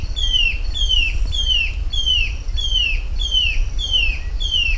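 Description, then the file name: Crescent-chested puffbird calling, a series of thin, high descending whistles over a low background rumble. Recorded at Guaraú, Peruíbe, São Paulo, Brazil, 11-12-08. "Malacoptila-striata-Guarau-Peruibe SP-Brazil-11-12-08-ASilveira"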